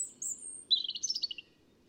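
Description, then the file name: European robin song opening with high drawn-out whistles, then a rapid burst of sharp twittering notes that fades away. "Erithacus rubecula"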